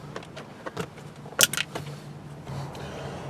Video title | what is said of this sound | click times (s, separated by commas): 1999-2004 Jeep Grand Cherokee Rear door speaker | this panel just kind of snaps back into place | 1.4 s, 1.5 s